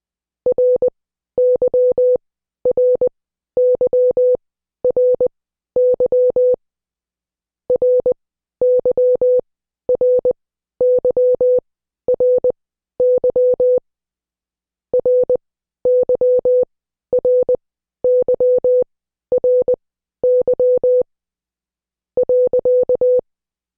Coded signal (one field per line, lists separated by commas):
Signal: Morse code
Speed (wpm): 20 wpm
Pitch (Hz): 500 Hz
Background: none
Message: RYRYRY RYRYRY RYRYRY .